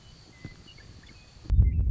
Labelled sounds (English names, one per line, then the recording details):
Western Meadowlark
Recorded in Sonoma County, California